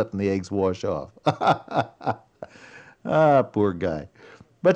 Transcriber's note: chuckle